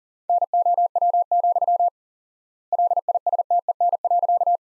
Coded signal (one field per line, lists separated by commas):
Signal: Morse code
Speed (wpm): 40 wpm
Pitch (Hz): 700 Hz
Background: none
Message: NOW, LISTEN.